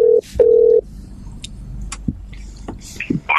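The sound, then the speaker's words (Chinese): A telephone line rings as a call is placed to a listener through an operator: a short steady mid-pitched tone, a brief gap, then a longer one, followed by faint clicks and crackling line noise as the call connects. “快啲听电话啦”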